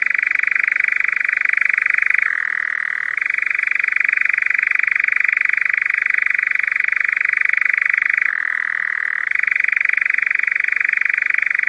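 European nightjar churring: a steady, fast mechanical trill that runs without a break, dropping briefly to a lower pitch twice before returning to the main tone.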